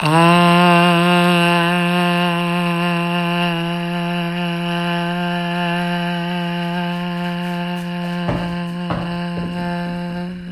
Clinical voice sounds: sustained vowel /a/; female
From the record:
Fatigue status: fatigue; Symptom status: symptomatic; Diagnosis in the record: COVID-19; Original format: m4a

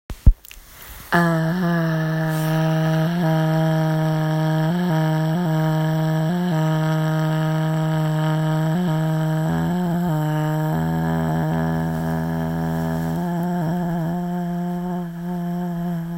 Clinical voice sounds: sustained vowel /a/; female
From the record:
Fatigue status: fatigue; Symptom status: symptomatic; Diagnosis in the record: COVID-19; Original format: m4a

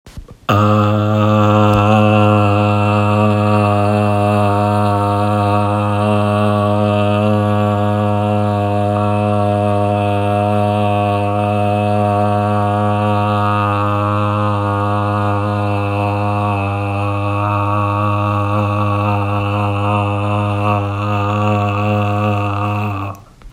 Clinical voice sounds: sustained vowel /a/; male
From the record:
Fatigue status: no fatigue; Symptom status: symptomatic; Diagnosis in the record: COVID-19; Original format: m4a

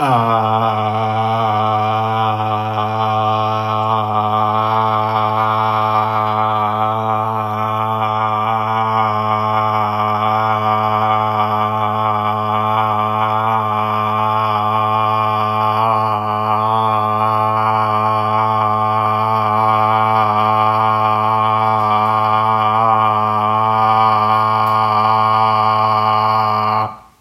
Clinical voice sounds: sustained vowel /a/; male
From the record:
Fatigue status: no fatigue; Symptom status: asymptomatic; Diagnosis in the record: COVID-19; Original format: m4a

